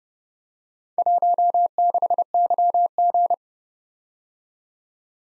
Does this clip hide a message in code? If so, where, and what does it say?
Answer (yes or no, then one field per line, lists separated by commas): yes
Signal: Morse code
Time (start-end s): 1.0-3.3 s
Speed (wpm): 30 wpm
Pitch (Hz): 700 Hz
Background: none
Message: 16YG